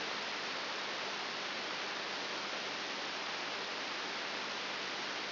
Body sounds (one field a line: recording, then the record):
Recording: brain microelectrode recording played as sound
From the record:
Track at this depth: outside the subthalamic nucleus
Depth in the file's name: 7.3 mm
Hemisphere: right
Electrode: 3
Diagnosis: Parkinson's disease